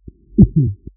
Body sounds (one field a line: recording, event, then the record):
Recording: neck accelerometer signal played as sound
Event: voluntary cough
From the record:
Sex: male